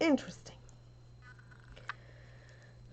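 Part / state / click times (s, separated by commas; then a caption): plastic bone piece into brick-built figure / seated / 1.9 s. Someone talks briefly, then a plastic bone piece that had popped off is pushed back onto a brick-built figure. A few faint clicks lead up to one loud, sharp snap at 1.9 s as the piece seats back into place.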